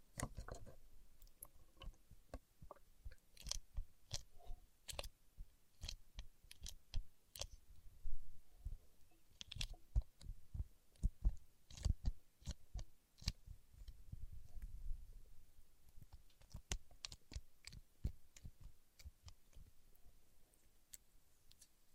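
Paraffin wax being peeled, tapped and scratched, heard as a dense run of sharp, irregular clicks and taps throughout. Some hits land with a soft low thump, and brief scratchy rustles fill the gaps, growing busier around the middle before thinning toward the end.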